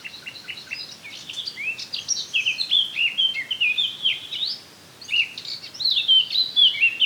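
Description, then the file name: Eurasian blackcap song: chattering notes building into loud fluty whistled phrases, a short pause, then another lively warbled phrase. "Sylvia atricapilla"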